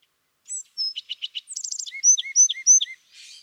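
California thrasher song: two thin whistles, a few buzzy notes, a rapid high trill, then three repeated hooked whistles, ending in a short hiss-like burst.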